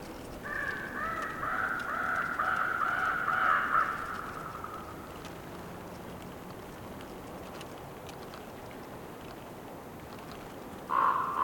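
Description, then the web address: Bird giving a long, drawn-out rasping croaking call, then a windy lull and another harsh croak at the end. Bird croaking in a forest during a windy storm, trees rustling. "Sonniss com - GDC 2019-Game Audio Bundle - Forest Orchestra Windy storm with trees rustling and bird croaking"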